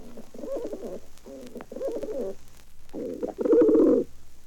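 Pigeons cooing in soft, wavering, guttural phrases separated by brief pauses, ending with a louder, fuller coo.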